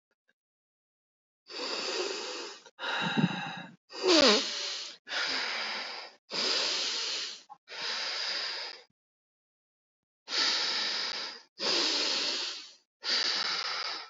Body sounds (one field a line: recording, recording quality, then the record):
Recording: deep breathing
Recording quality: excellent, no background noise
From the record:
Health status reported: healthy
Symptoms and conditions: none ticked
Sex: male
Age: 43 years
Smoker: not ticked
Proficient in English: yes